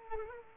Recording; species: mosquito wingbeat signal from an infrared sensor; Culex pipiens